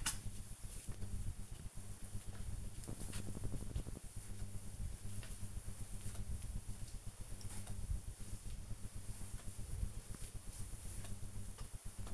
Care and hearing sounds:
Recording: household activities, microphone on the right wrist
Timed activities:
0.00-12.14 s: floor cleaning

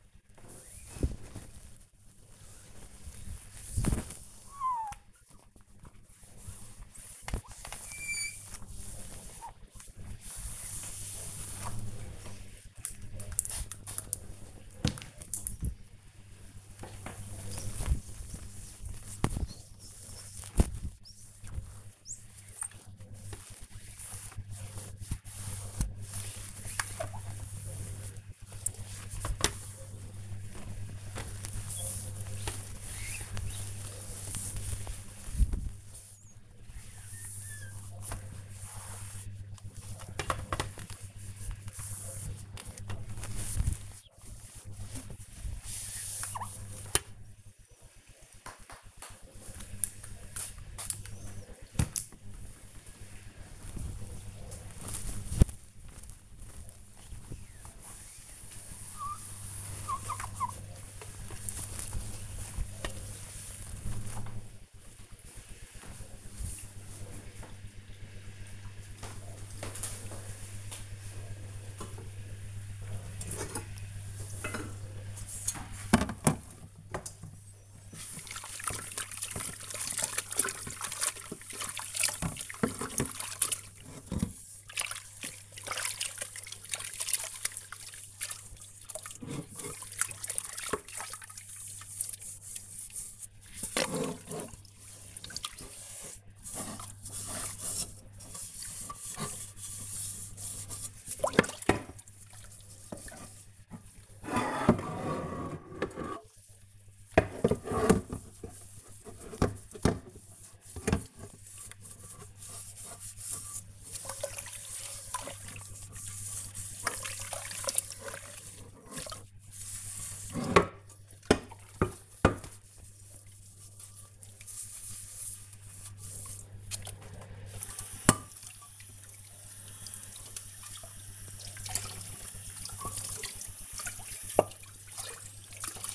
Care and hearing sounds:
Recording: household activities, microphone on the right wrist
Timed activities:
0.00-64.72 s: window cleaning
72.80-135.95 s: washing dishes

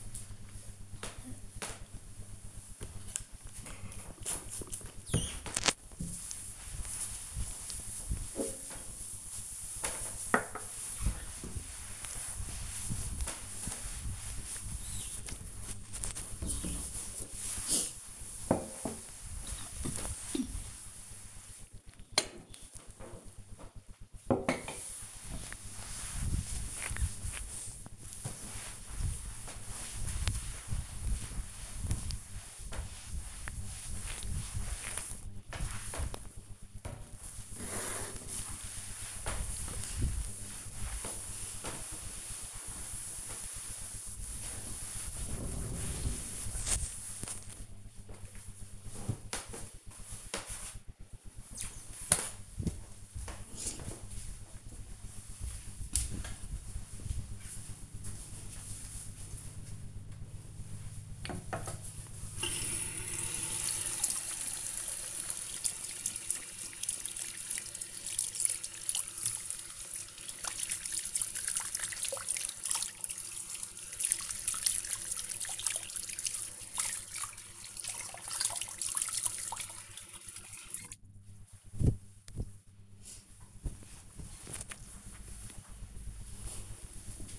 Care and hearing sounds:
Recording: household activities, microphone on the right wrist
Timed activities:
2.00-47.22 s: cleaning table
59.30-82.44 s: washing hands

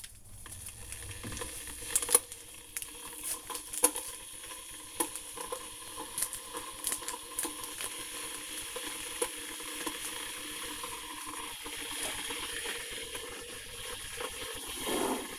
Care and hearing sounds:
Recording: household activities, microphone on the right wrist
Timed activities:
0.00-15.39 s: making tea

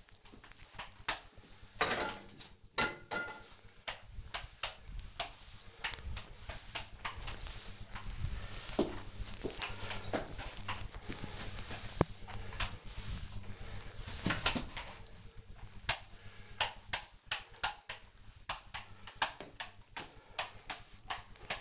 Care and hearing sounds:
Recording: household activities, microphone on the right wrist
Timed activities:
0.00-21.61 s: floor cleaning

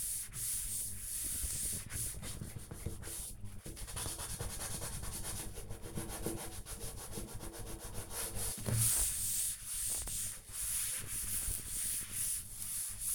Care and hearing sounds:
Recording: household activities, microphone on the right wrist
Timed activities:
0.00-13.15 s: cleaning door

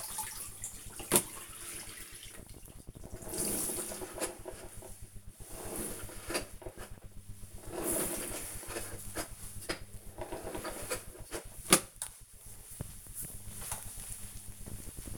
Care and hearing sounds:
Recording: household activities, microphone on the right wrist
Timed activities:
0.00-15.18 s: floor cleaning

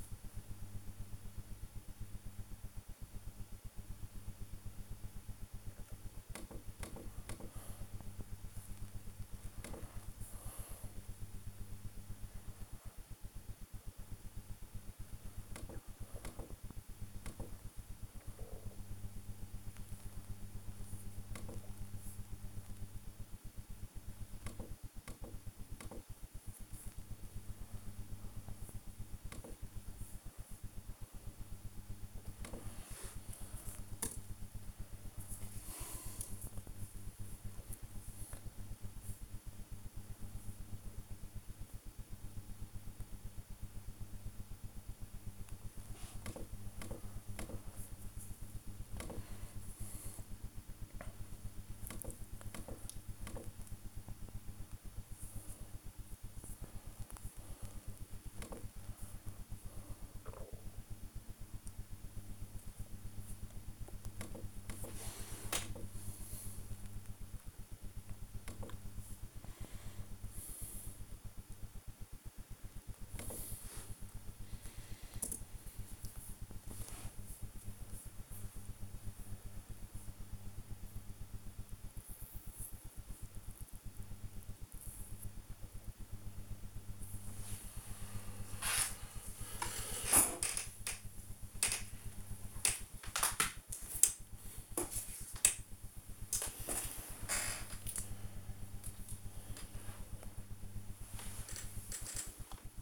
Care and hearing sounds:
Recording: household activities, microphone on the right wrist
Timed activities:
0.00-102.82 s: working on the computer

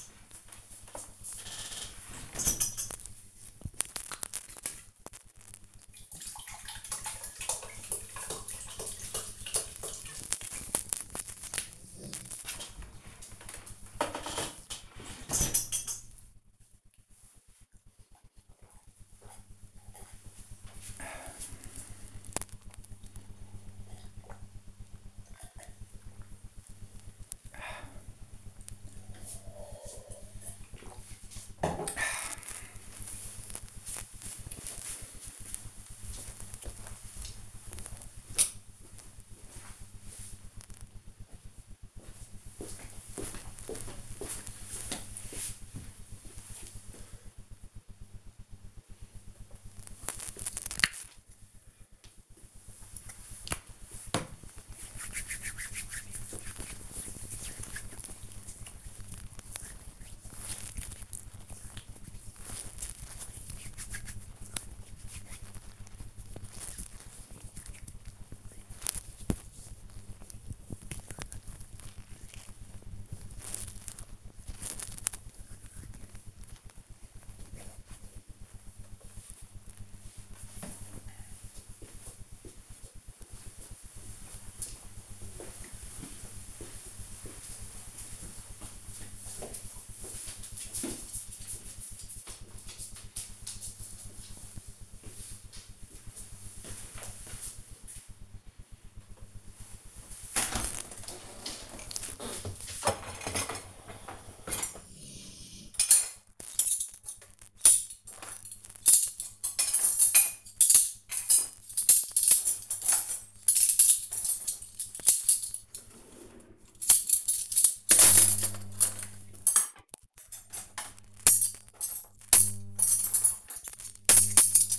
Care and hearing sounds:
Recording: household activities, microphone on the right wrist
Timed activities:
0.00-30.47 s: drinking
48.55-78.71 s: cream hands
98.78-124.79 s: cleaning out the dishwasher

